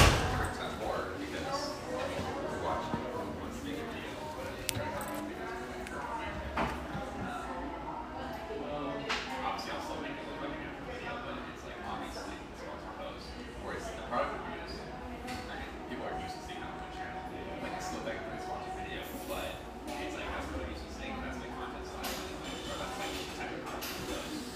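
A busy café bar hums with overlapping chatter, a dense, steady wash of voices that never lets up. Sharp clinks and knocks of cups and dishes pop out irregularly throughout, with a low rumble underneath the whole time.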